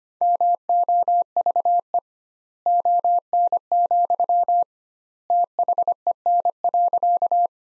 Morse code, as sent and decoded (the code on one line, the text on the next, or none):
-- --- ...- . / --- -. --..-- / - .... . -. .-.-.-
MOVE ON, THEN.